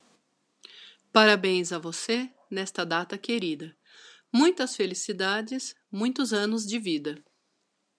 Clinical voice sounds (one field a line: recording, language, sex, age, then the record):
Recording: short text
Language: Brazilian Portuguese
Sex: female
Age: 40 to 49 years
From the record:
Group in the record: control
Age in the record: 44 years